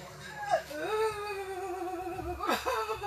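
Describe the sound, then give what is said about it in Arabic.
A woman cries and whimpers in long, wavering, high-pitched wails that rise and fall, broken by shaky sobbing catches near the start and again toward the end, during a ruqyah (Islamic exorcism) session. “هيا يبكي بس الله يتوب عليك.”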